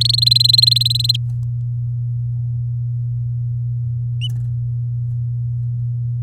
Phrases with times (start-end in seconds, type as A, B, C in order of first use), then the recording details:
0.01-1.12 A, 1.14-1.16 B. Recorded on 6 May 2018 at 12:00. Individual llb16